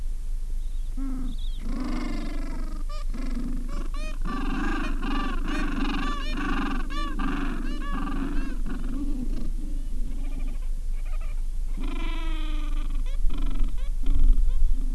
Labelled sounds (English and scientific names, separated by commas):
Gentoo Penguin (Pygoscelis papua)